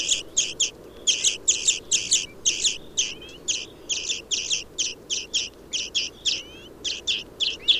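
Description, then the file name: European greenfinch calling, a steady series of harsh chattering notes in pairs and triplets, interspersed with a few thin rising whistles. "Chloris chloris"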